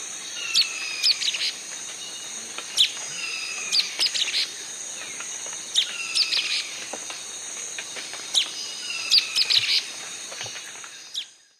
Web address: Natures Songs S America Eastern Lowlands. Myiozetetes similis, dawn song